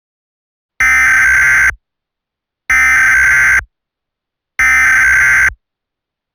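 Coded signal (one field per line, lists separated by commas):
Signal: Emergency Alert System (SAME) tones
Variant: header bursts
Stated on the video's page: Fictional EAS scenario about an alien invasion.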